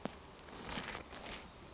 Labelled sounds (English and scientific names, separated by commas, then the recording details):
Western Flycatcher (Empidonax difficilis)
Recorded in Sonoma County, California